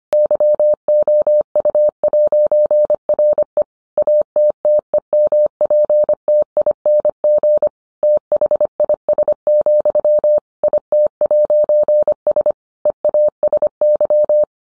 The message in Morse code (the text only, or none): YOU'RE ATTEMPTING THIS, IT'S EASY